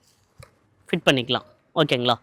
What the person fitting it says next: அவ்வளோுதான் lock ஆயிடுச்சு remove ஆகாது.